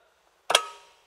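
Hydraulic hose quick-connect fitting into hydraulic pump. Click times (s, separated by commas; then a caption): 0.5 s, 0.6 s. A metal hydraulic hose quick-connect fitting on the line from the working platform is lined up with the hydraulic pump's coupling and pushed on. After near silence, two sharp metallic clicks at 0.5 s and 0.6 s ring out briefly and fade. The fitting clicks into place and seats on the pump.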